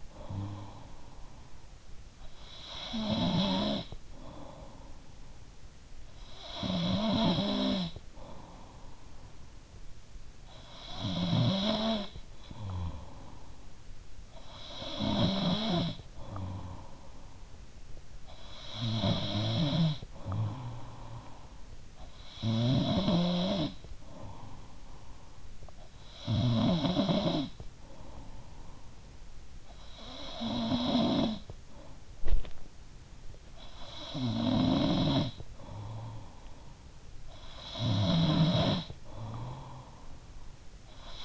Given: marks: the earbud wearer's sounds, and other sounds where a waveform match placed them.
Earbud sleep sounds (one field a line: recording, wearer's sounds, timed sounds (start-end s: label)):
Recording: sounds in sleep by an in-ear microphone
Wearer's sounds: snoring breath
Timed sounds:
0.00-41.25 s: snoring breath